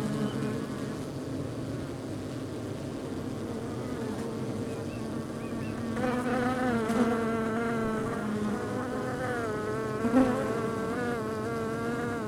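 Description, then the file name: Honey bees buzzing, a steady low drone that grows richer halfway through as a closer bee adds a wavering pitch. Outside a beehive. "Ruche Exterieur"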